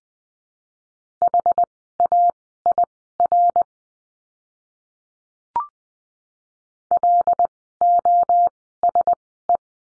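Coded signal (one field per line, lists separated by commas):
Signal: Morse code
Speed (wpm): 20 wpm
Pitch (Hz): 700 Hz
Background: none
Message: HAIR LOSE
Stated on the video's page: Morse code course lesson on letter U, words, Farnsworth speed 20/10 wpm.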